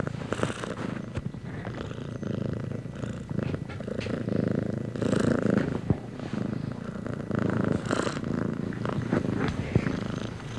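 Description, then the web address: Domestic cat purring steadily, a deep rhythmic rumble with slight swells in loudness throughout, a few soft clicks or rustles mixed in. Contented domestic cat purring while being petted. "cat purring and meowing animal purring contented animal x purring being petted animal"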